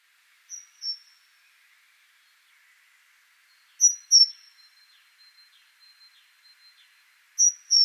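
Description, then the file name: Great tit call: brief pairs of high, thin descending notes, one quieter pair followed by two louder pairs spaced several seconds apart. "Parus major"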